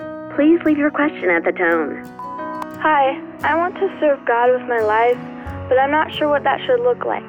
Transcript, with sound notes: Please leave your question at the tone (Beep)
Hi. I want to serve God with my life, but I’m not sure what that should look like.